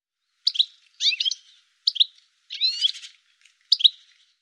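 Bird calling in short, high chirpy notes, five separate bursts spaced unevenly, some doubled or slurred upward, with silence between them.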